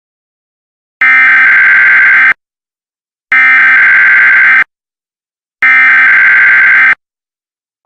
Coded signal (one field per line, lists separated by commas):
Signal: Emergency Alert System (SAME) tones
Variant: header bursts